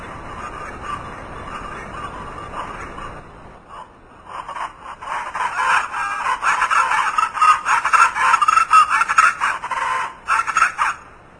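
Chachalaca: harsh, rhythmic calls, softer at first, dip briefly, then build into a loud, rapid series of cackling calls for the rest.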